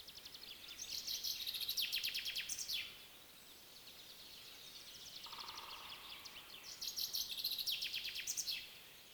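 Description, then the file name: Common chaffinch song: two cascading phrases of quick repeated notes, each finishing with a flourish, about six seconds apart, with a faint low tone between them. "Fringilla coelebs"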